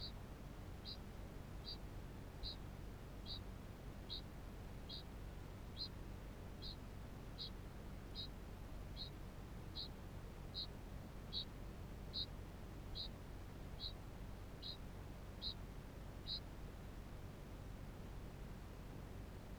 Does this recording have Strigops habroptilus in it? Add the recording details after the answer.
yes. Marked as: faintness 3/5. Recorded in New Zealand. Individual Barnard